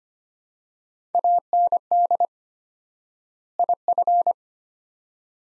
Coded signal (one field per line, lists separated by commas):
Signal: Morse code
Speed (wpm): 25 wpm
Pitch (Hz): 700 Hz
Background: none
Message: AND IF